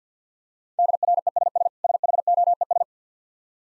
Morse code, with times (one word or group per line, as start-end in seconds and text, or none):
0.8-1.7 DRESS
1.8-2.8 SHOES